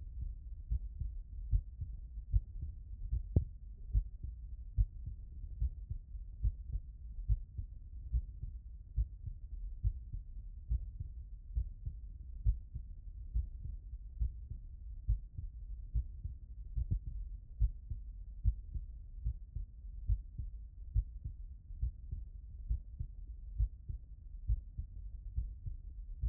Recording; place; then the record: heart sounds by stethoscope; tricuspid valve (TV)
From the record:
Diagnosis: non-HFrEF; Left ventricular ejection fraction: 49%